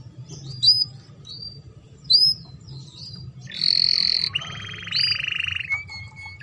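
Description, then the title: Canary song with sharp high chirps, then a long buzzy rattling trill and a lower steady buzzing trill, over a faint low hum. Belgian canary breed; song played to warm up canaries and stimulate them for mating. "Canto Para Esquentar Canário Belga. Pancingan Suara Kenari Kawin"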